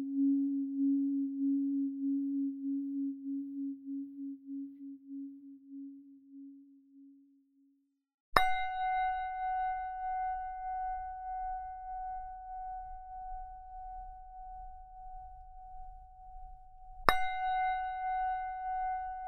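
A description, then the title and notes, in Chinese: A Tibetan singing bowl resonates. For the first eight seconds a low, wavering hum pulses and slowly fades away. Then the bowl is struck, ringing out a higher, bright sustained tone with shimmering overtones, and a second strike renews it near seventeen seconds. 西藏頌缽 脈輪淨化。西藏頌缽的共鳴。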